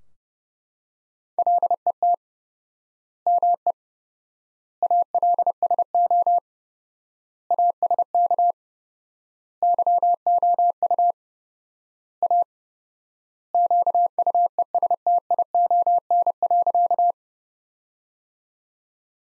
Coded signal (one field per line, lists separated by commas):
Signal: Morse code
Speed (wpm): 32 wpm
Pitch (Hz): 700 Hz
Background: none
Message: LET ME ALSO ASK YOU A QUESTION.